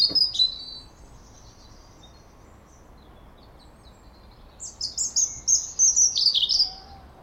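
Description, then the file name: European robin song: a brief high note burst at the start, silence, then a rapid tumbling phrase of thin, wavering, twittering notes, quiet background. "Erithacus rubecula"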